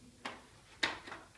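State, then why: Released. A removable plastic bay cover panel is popped out of the front of a PC case, releasing it. A softer knock at 0.3 s comes before a sharp click at 0.8 s as the panel pops free. Smaller ticks follow around 1.1 s.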